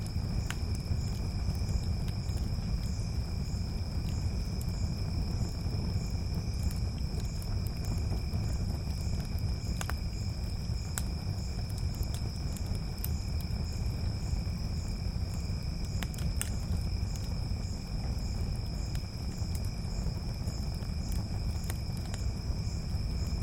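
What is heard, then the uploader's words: A campfire crackles with small sharp pops over a steady low rumble, while insects hold high continuous buzzing tones throughout in the open night. A campfire in the African savanna. As night falls in the African savanna, the sounds of the bush become louder and more ominous.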